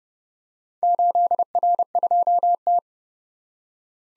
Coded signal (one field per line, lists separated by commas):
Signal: Morse code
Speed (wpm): 30 wpm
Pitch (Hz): 700 Hz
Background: none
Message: 8R2T